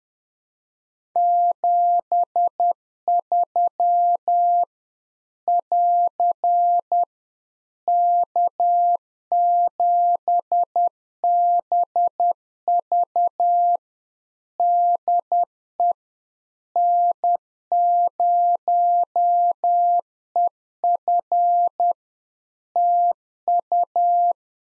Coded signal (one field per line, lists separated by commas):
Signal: Morse code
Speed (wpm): 10 wpm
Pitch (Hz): 700 Hz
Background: none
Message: 73 <AR> K7BV DE N0EF TU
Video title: Practice QSO - Exchange 4- Ending - 10wpm